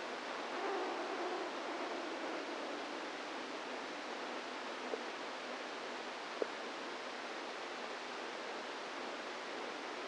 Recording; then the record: brain microelectrode recording played as sound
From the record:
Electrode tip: inside the subthalamic nucleus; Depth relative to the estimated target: -2 mm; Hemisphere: right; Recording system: NeuroSet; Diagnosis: Parkinson's disease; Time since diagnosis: 10 years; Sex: female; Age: 45 years